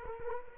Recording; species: mosquito wingbeat signal from an infrared sensor; Culex quinquefasciatus